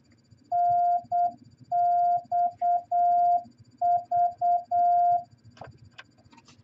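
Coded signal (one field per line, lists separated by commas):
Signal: Morse code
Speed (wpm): 8 wpm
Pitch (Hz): 700 Hz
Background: none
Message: NXV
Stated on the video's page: Morse code training practice at 8 words per minute.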